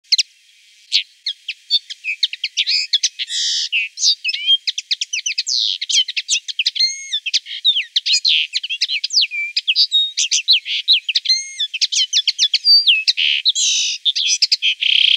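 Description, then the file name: Common linnet song: a fast, continuous twittering of high, varied chirps and short nasal trills, with brief pauses and quick repeated phrases throughout. "golosa ptic Konoplyanka"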